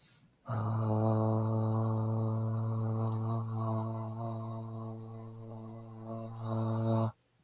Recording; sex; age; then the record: vowel held as long as possible; male; 30 to 39 years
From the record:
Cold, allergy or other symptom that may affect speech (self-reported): no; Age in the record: 32 years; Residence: United States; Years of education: 18